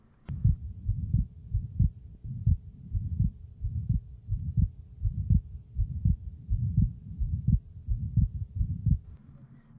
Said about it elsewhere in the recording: This one you hear at the upper left sternal border. The patient has normal pulses. Atrial septal defect, an ASD. Notice the fixed split S2.